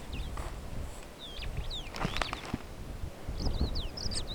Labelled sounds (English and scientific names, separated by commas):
Superb Starling (Lamprotornis superbus) flight call